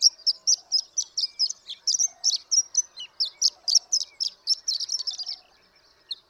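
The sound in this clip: Horned lark delivering rapid high chips and tinkles that stop near the end, followed by one last note.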